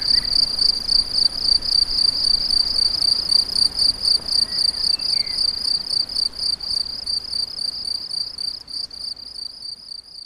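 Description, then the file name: Cricket chirping in fast regular pulses, the rhythm clear and steady, with a faint whistled note near the start and another midway. Several crickets; recorded on an MZ-N710; dated 7 05 14. "MZ-N 710 Grillons 7 05 14"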